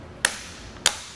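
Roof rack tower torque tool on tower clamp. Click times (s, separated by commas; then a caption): 0.2 s, 0.9 s. The included torque tool for a Yakima RidgeLine roof rack for flush rails is tightened on a roof rack tower clamp on a 2021 Volkswagen Tiguan until its torque feature clicks. Two sharp clicks are heard at 0.3 s and 0.9 s, confirming the tool has reached its torque setting.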